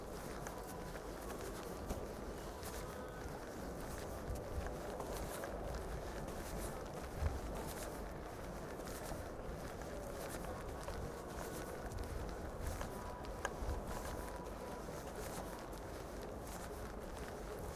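A night walk at Glastonbury, from the big GLASTONBURY sign by the Park Stage back to a tent. A steady, dense murmur of crowd and low rumble fills the whole stretch, with footsteps and occasional brief knocks and clicks, a sharper one near seven seconds.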